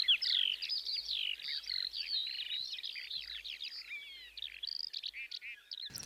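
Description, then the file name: Eurasian skylark song, a dense, hurried run of high chirps, trills and slurred whistles pouring on continuously, ending in a brief crackle. "mezeipacsirta"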